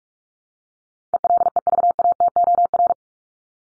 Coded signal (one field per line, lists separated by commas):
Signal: Morse code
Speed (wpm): 44 wpm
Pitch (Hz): 700 Hz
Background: none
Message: ELEVATOR